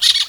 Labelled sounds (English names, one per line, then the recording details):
Brown-throated Parakeet contact call
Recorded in Venezuela
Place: Guárico; Corozopando; Fundo La Fe
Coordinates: 8.506, -67.593